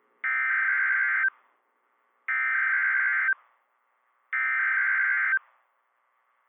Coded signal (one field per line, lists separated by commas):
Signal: Emergency Alert System (SAME) tones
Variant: header bursts